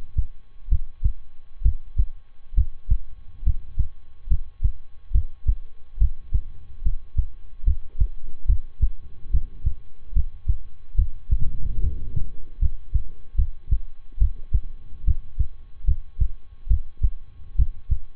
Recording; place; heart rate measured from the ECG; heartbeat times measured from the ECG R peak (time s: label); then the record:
heart sounds by stethoscope; between the tricuspid and mitral areas; 71 bpm
0.68 s: heartbeat
1.62 s: heartbeat
2.54 s: heartbeat
3.43 s: heartbeat
4.27 s: heartbeat
5.11 s: heartbeat
5.97 s: heartbeat
6.82 s: heartbeat
7.63 s: heartbeat
8.45 s: heartbeat
9.30 s: heartbeat
10.12 s: heartbeat
10.95 s: heartbeat
11.80 s: heartbeat
12.58 s: heartbeat
13.35 s: heartbeat
14.18 s: heartbeat
15.04 s: heartbeat
15.84 s: heartbeat
16.67 s: heartbeat
17.55 s: heartbeat
From the record:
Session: rest, lying down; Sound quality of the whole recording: good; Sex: male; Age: 23 years